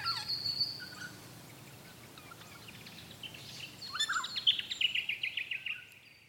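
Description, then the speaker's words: Regent honeyeater calling with ringing, metallic notes that grow into a busier, louder run of high phrases in the second half, against a quiet background. Critically endangered bird endemic to southeastern Australia; about 300 wild individuals remain; breeding sites affected by the 2019-2020 bushfires. "And hear the sound of the regent honeyeater."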